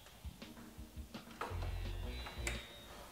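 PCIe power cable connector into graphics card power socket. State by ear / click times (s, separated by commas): seated / 2.5 s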